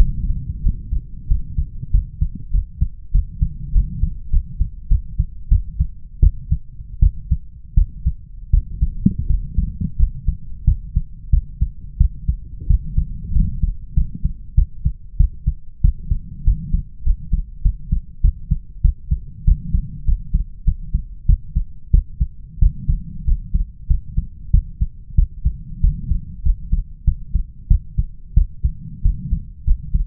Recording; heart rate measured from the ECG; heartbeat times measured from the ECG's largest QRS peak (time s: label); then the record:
heart sounds by stethoscope; 93 bpm
0.61 s: heartbeat
1.27 s: heartbeat
1.90 s: heartbeat
2.50 s: heartbeat
3.11 s: heartbeat
3.72 s: heartbeat
4.29 s: heartbeat
4.87 s: heartbeat
5.48 s: heartbeat
6.19 s: heartbeat
6.99 s: heartbeat
7.74 s: heartbeat
8.50 s: heartbeat
9.26 s: heartbeat
9.96 s: heartbeat
10.64 s: heartbeat
11.30 s: heartbeat
11.97 s: heartbeat
12.67 s: heartbeat
13.32 s: heartbeat
13.94 s: heartbeat
14.54 s: heartbeat
15.16 s: heartbeat
15.81 s: heartbeat
16.44 s: heartbeat
17.03 s: heartbeat
17.62 s: heartbeat
18.21 s: heartbeat
18.81 s: heartbeat
19.44 s: heartbeat
20.04 s: heartbeat
20.64 s: heartbeat
21.26 s: heartbeat
21.90 s: heartbeat
22.59 s: heartbeat
23.24 s: heartbeat
23.87 s: heartbeat
24.50 s: heartbeat
25.15 s: heartbeat
25.80 s: heartbeat
26.42 s: heartbeat
27.04 s: heartbeat
27.67 s: heartbeat
28.33 s: heartbeat
29.02 s: heartbeat
29.64 s: heartbeat
From the record:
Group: healthy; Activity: rest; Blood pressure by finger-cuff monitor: 108/86 mmHg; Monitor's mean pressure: 95 mmHg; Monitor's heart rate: 94 bpm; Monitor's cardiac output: 6.3 L/min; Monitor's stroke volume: 67 mL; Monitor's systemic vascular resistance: 1090 dyn s/cm5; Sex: male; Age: 21 years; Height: 180 cm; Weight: 67.5 kg